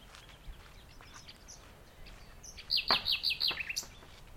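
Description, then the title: Common nightingale song: a loud phrase of rich repeated notes with a slurred ending, after faint chirps, over steady background hiss. Singing in the dunes of The Hague, morning of 12 May 2021, during a lockdown walk. "Nightingale and joggers in the dunes (The Hague, May 12th 2021)"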